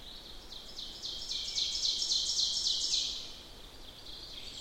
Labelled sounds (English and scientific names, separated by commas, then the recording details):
Ovenbird (Seiurus aurocapilla) song
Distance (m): 30 m
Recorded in boreal forest in Alberta, Canada, on 14 June 2016 at 06:31
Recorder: SongMeter 3, array SBT-3-33
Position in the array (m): 125 m, 36 m
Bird 21